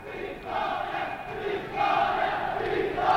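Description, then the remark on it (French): A large crowd shouts "Victoire, victoire!" in rising, swelling waves as it advances alongside a military column with gestures of joy on 25 April, a dense roar of many voices chanting the repeated victory cry with no single voice standing out. “La foule crie « Victoire, victoire !»”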